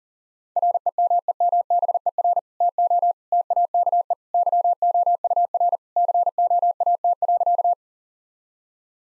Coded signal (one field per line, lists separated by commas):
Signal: Morse code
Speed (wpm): 40 wpm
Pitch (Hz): 700 Hz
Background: none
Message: REMEMBER TO TAKE YOUR COAT.